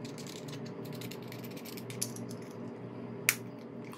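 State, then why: Seated. An air-vent clip attachment is pushed onto the back of a plastic WIWU Liberator 5th Generation wireless-charging car mount. A few light taps come at about 2.0 s, then one sharp, bright click at 3.3 s as the clip snaps into place, confirming it is seated and ready to use.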